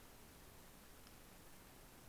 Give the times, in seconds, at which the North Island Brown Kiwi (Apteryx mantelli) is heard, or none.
none